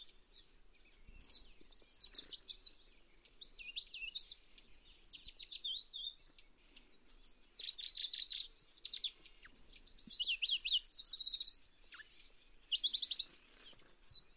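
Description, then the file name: Pallas's leaf warbler song: high, varied phrases of rapid chirps, buzzy trills and whistled notes, delivered in bursts separated by short pauses. "cikrak pallas omkicau"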